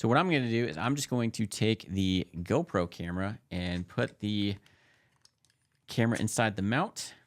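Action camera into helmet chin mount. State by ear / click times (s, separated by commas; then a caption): not seated / none. Someone talks while handling a GoPro camera, about to push it into the plastic chin mount on a new helmet. During a quiet pause there are a few faint, tiny ticks around 5.2 to 5.5 seconds before the talking resumes. Nothing has seated or snapped into place yet.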